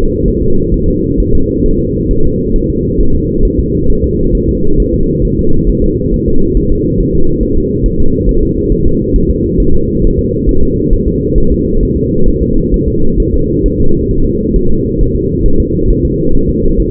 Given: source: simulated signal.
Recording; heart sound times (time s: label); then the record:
fetal heart sounds
0.28 s: S1
0.42 s: S2
0.74 s: S1
0.89 s: S2
1.20 s: S1
1.35 s: S2
1.66 s: S1
1.80 s: S2
2.11 s: S1
2.25 s: S2
2.56 s: S1
2.70 s: S2
3.00 s: S1
3.15 s: S2
3.45 s: S1
3.60 s: S2
3.90 s: S1
4.04 s: S2
4.35 s: S1
4.49 s: S2
4.80 s: S1
4.94 s: S2
5.25 s: S1
5.39 s: S2
5.69 s: S1
5.84 s: S2
6.14 s: S1
6.28 s: S2
6.57 s: S1
6.72 s: S2
7.00 s: S1
7.15 s: S2
7.43 s: S1
7.58 s: S2
7.86 s: S1
8.00 s: S2
8.29 s: S1
8.43 s: S2
8.72 s: S1
8.87 s: S2
9.16 s: S1
9.30 s: S2
9.60 s: S1
9.75 s: S2
10.05 s: S1
10.19 s: S2
10.49 s: S1
10.63 s: S2
10.93 s: S1
11.08 s: S2
11.38 s: S1
11.52 s: S2
11.83 s: S1
11.97 s: S2
12.28 s: S1
12.43 s: S2
12.74 s: S1
12.88 s: S2
13.20 s: S1
13.34 s: S2
13.66 s: S1
13.80 s: S2
14.11 s: S1
14.25 s: S2
14.56 s: S1
14.71 s: S2
15.01 s: S1
15.16 s: S2
15.46 s: S1
15.60 s: S2
15.91 s: S1
16.05 s: S2
16.35 s: S1
16.49 s: S2
16.80 s: S1
From the record:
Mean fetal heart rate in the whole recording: 135 bpm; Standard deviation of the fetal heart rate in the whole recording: 3 bpm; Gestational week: 36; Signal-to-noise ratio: -19.1 dB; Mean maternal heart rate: 72 bpm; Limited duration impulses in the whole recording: present